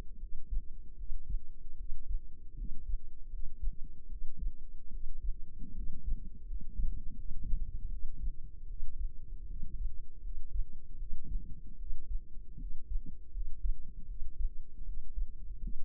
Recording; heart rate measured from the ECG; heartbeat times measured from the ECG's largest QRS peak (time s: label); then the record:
heart sounds by microphone in the left ear; 78 bpm
0.18 s: heartbeat
0.96 s: heartbeat
1.76 s: heartbeat
2.55 s: heartbeat
3.28 s: heartbeat
4.08 s: heartbeat
4.90 s: heartbeat
5.73 s: heartbeat
6.44 s: heartbeat
7.14 s: heartbeat
7.88 s: heartbeat
8.66 s: heartbeat
9.46 s: heartbeat
10.20 s: heartbeat
10.96 s: heartbeat
11.76 s: heartbeat
12.56 s: heartbeat
13.30 s: heartbeat
14.06 s: heartbeat
14.83 s: heartbeat
15.59 s: heartbeat
From the record:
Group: healthy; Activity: cold pressor test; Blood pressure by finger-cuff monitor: 104/70 mmHg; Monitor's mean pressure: 82 mmHg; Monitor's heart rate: 78 bpm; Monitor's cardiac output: 5.6 L/min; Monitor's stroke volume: 72 mL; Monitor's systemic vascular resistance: 1060 dyn s/cm5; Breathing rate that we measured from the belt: 18 breaths a minute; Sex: male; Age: 20 years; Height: 167 cm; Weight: 61 kg